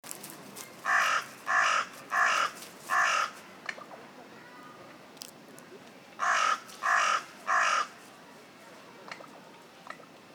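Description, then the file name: Carrion crow cawing, four harsh, hoarse caws in quick succession, a pause, then three more, with a few faint clicks. "Corvus corone"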